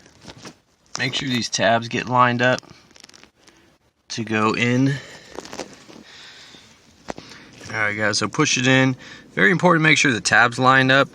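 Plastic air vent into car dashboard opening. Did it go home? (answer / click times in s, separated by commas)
yes / 7.1 s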